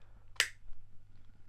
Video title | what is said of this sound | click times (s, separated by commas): TEST COMPLET de la CAMERA de SURVEILLANCE IMOU CELL 2 avec PANNEAU SOLAIRE. EXCELLENTE et PAS CHER ? | jusqu'au clic quand ça fait clic c'est qu'elle est bien installée | 0.4 s